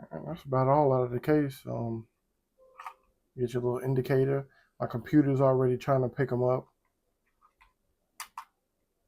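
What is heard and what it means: Someone talks while unboxing, then a plastic wireless earbud is put into the cradle of its charging case, or the case is snapped shut. Two sharp clicks ring out at 8.2 s and 8.4 s as the earbud snaps into the charging case and seats.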